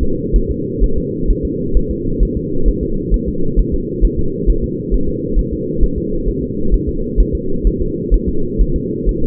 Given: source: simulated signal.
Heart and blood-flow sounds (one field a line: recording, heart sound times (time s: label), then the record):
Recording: fetal heart sounds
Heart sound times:
0.03 s: S2
0.36 s: S1
0.51 s: S2
0.84 s: S1
0.98 s: S2
1.30 s: S1
1.45 s: S2
1.77 s: S1
1.91 s: S2
2.23 s: S1
2.37 s: S2
2.68 s: S1
2.83 s: S2
3.14 s: S1
3.28 s: S2
3.59 s: S1
3.74 s: S2
4.05 s: S1
4.19 s: S2
4.50 s: S1
4.64 s: S2
4.94 s: S1
5.09 s: S2
5.39 s: S1
5.53 s: S2
5.83 s: S1
5.98 s: S2
6.28 s: S1
6.43 s: S2
6.74 s: S1
6.89 s: S2
7.20 s: S1
7.35 s: S2
7.67 s: S1
7.82 s: S2
8.14 s: S1
8.29 s: S2
8.61 s: S1
8.76 s: S2
9.09 s: S1
9.23 s: S2
From the record:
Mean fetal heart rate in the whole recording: 130 bpm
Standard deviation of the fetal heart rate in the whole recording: 2 bpm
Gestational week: 36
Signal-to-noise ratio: -8.1 dB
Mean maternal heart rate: 72 bpm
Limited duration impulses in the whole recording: absent